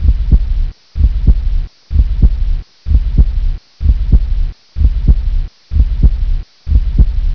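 Deep, regular paired thumps, lub-dub, repeat at about 63 beats a minute in a steady rhythm. Each beat is separated by a brief dead-silent gap, giving a clean heartbeat sound.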